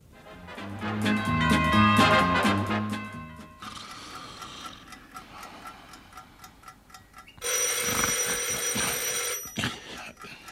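A telephone bell rings at 3 a.m. in a loud, bright, rattling burst, followed by a shorter ring, after a stretch of clock-like chiming tones and a quieter hiss. No one speaks.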